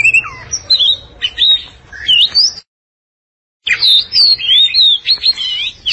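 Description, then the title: Oriental magpie-robin singing varied whistles and rising slurred notes, broken by a sudden silent gap of about a second before the lively phrases resume. Long-duration song. "Kacer Durasi Panjang"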